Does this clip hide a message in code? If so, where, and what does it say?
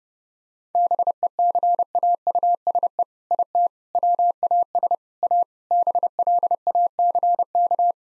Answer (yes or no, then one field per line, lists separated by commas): yes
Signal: Morse code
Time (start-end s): 0.8-7.9 s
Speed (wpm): 28 wpm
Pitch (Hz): 700 Hz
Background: none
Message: BECAUSE IT WAS A BLACK